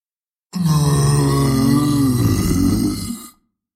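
A loud, guttural howl from an undead mutant monster, one sustained low, rough wail lasting about three seconds, its pitch wavering slightly before cutting off abruptly, with no talking.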